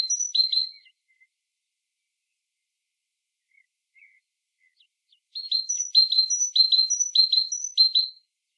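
Great tit song: a burst of two-note phrases, then a long quiet gap with a few faint chips, then the high-low phrase repeated briskly again.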